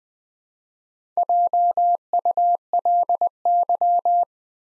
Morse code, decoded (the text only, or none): JULY